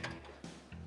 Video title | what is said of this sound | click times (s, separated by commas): Performance TV - Ep 1302 | right got that snapped into place | 0.0 s